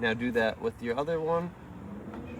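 A RAM module is being handled over a motherboard memory slot while someone talks, with a faint low hum in the background and a small, short tick near 2.1 s. The clip ends before the module goes in, so nothing has seated or clicked yet.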